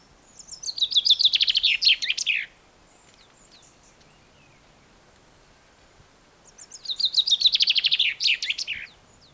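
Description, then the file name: Common chaffinch singing a bright series of notes that tumbles downward and finishes with a flourish, repeated once after about four seconds of quiet. "Fringilla coelebs"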